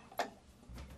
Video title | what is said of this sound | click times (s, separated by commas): REPLACE A TOILET SEAT YOURSELF! | and snap okay that was Tiny step number three tiny | 0.2 s